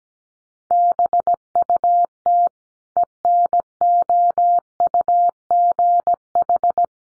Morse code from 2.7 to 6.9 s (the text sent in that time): ENOUGH